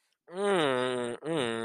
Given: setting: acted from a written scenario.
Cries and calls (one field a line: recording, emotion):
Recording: vocal sound without words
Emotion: neutral